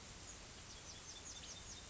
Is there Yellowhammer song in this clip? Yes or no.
no